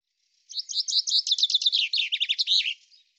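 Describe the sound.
Common chaffinch singing a quick series of sharp high notes that drop in pitch toward the end before a short terminal flourish, in otherwise clean silence.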